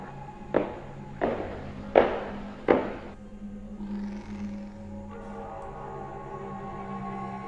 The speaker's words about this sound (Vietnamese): Loáng thoáng, bác Cổ nghe có tiếng bước chân đang đi rất nhẹ lên cầu thang gỗ. Tuy nhiên, trong đêm đen thì tiếng bước chân ấy thoáng nghe ra cũng rõ lắm.